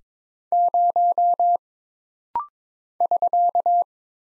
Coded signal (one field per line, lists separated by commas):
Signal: Morse code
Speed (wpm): 22 wpm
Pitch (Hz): 700 Hz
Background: none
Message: 0 <SK>